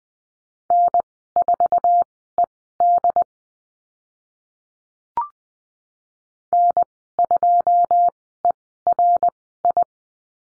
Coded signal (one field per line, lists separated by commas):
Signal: Morse code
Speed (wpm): 20 wpm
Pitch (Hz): 700 Hz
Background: none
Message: N4ED N2ERI